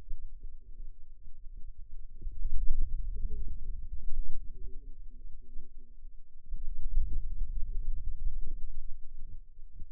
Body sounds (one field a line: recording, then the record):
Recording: forearm muscle sounds (acoustic myography)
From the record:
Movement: wrist extension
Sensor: system 2, bracelet of six BSWA MPA416 microphones around the upper forearm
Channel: 1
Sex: female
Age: 21 years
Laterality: right